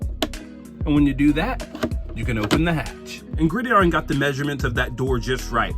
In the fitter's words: And then it closes with the satisfying click.